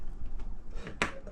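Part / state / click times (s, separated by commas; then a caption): plastic part into baby bath station frame / seated / 1.0 s. A plastic part is pushed into the frame of a baby bath station, and the parts clip together with no wires. After some soft handling noise, a sharp click at 1.0 s shows the part has seated in place.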